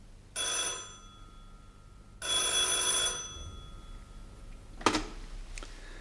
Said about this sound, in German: Und die Geschichte begann, als abends bei mir das Telefon klingelte.